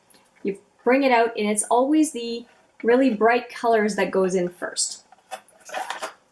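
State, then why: Seated. A woman talks while sliding the pan insert of a metal-look plastic Urban Decay Heavy Metals eyeshadow palette back into its case, pushing it in bright-colours-first. A sharp snap at 5.9 s, the loudest hit in the clip, marks the tray seating back in place.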